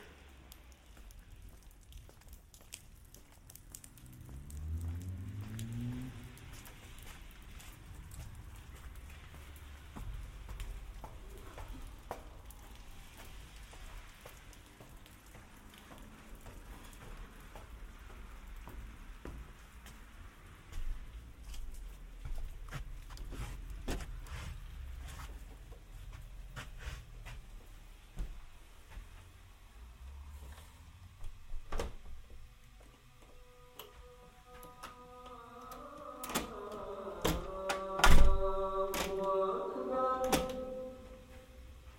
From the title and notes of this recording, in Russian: Саундскейп - погружение в атмосферу Горного Дагестана. Прогуляйся по высокогорному селу Гуниб. Прогулка по Горному Дагестану.